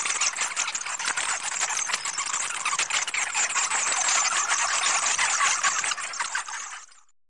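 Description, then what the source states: Bats chittering in a dense, continuous chorus of squeaky, scratchy calls from many animals, which fades out near the end. Large flock of bats vocalizing together.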